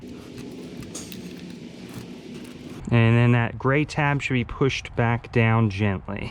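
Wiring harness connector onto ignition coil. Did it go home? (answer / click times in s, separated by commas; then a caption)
yes / 1.1 s. A wiring harness connector is pushed back onto an ignition coil of a 2011-2016 Hyundai Elantra after a spark plug change. Amid low background noise it clicks into place at 1.1 s, seating the connector. Someone then talks about pushing the gray tab back down gently to show the connector is locked on.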